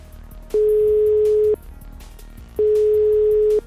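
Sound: telephone ringing tone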